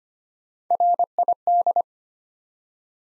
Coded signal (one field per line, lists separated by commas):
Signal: Morse code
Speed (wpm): 25 wpm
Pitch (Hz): 700 Hz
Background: none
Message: RID